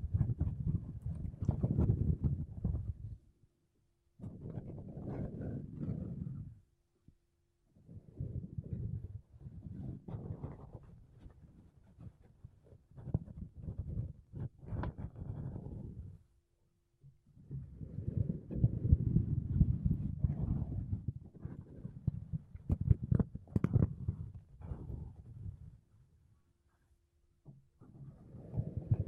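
Makeup brushes and a sponge rub and sweep across a microphone in soft, low, muffled bursts. The brushing comes in dense stretches of a few seconds each, broken by short silences, with occasional brighter scratchy flicks and taps mixed in.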